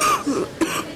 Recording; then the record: coughing mixed with background sound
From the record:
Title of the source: 31 night wet cough